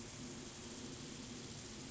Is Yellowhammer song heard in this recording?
no